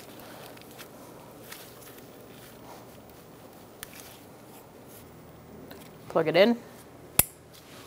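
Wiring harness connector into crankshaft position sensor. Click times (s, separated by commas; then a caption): 7.2 s. A wiring harness electrical connector is plugged onto a new crankshaft position sensor on a 2002-2006 Toyota Camry 2.4L L4 while someone talks. After a brief louder rustle around 6.2-6.5 s, a sharp, loud click at 7.2 s marks the plastic latch locking and the connector seating.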